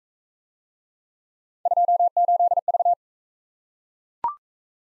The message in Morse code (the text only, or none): 28V